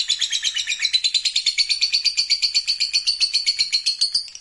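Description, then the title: Lovebird song, a rapid, harsh chatter of rhythmically pulsed high notes throughout. Lovebird sound played to stimulate lovebirds. "Suara Lovebird"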